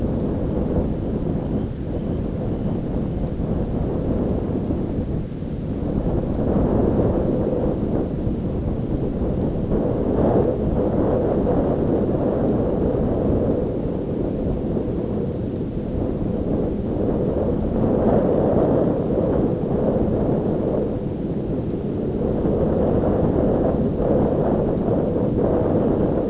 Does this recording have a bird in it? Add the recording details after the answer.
yes. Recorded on Arctic tundra, site ZACK-1, on 9 June 2019. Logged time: 13:49